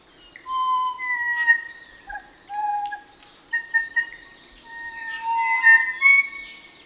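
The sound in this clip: Kōkako singing a sequence of long, clear whistled notes with slight pitch slides, almost continuous, over light high-pitched background birdsong.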